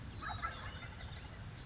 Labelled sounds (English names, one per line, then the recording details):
Wild Turkey
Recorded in Sonoma County, California